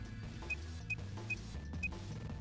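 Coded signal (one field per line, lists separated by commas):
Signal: none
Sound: game puzzle beeps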